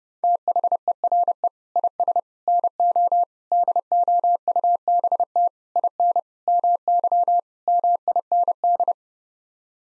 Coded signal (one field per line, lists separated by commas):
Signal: Morse code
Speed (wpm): 30 wpm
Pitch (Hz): 700 Hz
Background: none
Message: THERE IS NO DOUBT IN MY MIND